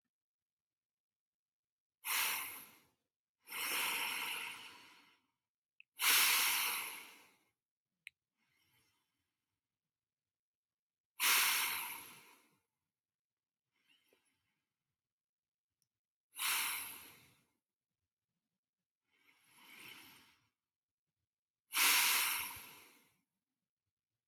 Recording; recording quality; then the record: deep breathing; excellent, no background noise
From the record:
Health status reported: healthy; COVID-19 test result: negative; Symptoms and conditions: none ticked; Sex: male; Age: 23 years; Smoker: not ticked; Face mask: not worn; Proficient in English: yes